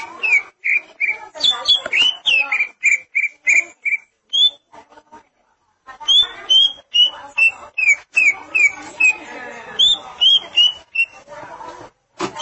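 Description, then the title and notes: Greater green leafbird song: long runs of quick slurred whistles, about two to three per second, with clicks and softer chatter between phrases. "Suara Kicauan Burung Cucak Ijo"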